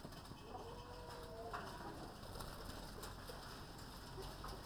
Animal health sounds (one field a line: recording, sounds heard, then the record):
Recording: poultry house recording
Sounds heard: healthy chickens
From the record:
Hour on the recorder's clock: 20